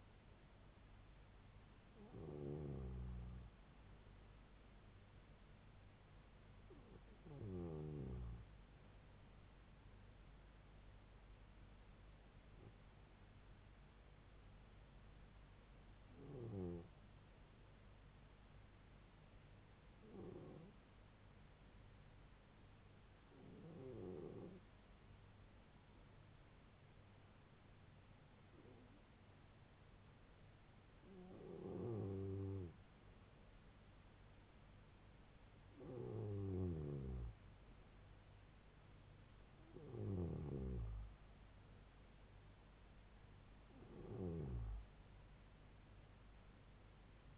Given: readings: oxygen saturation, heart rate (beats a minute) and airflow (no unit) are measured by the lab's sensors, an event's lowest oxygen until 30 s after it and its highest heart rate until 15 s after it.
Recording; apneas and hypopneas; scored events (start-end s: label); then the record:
breathing in sleep by a voice recorder at the bedside; 1
14.00-35.40 s: hypopnea (N2, oxygen 95% highest, then 90% lowest, heart rate 69 at the start, 76 highest)
From the record:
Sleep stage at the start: N2 (light sleep); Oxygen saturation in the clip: 90 to 95%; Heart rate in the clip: 69 to 76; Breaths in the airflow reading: 12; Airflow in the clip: -4.0 to 3.7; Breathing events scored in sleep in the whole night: 158 in 7.3 hours asleep